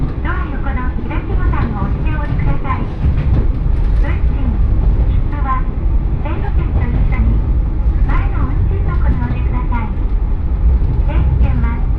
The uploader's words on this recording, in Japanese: 耳で楽しむ鉄道旅 城端線 油田→城端。城端線の終点城端駅は山がすぐ近くまで迫ってきており、その先には五箇山が控えているいわゆる行き止まりらしさが残る駅です。途中の砺波駅あたりまでは地元民の乗り降りが多く、そこから先は秋の乗り放題切符を持った人たちばかりと思われます。昔ながらの塗装の気動車が2両のんびりと走っていきます。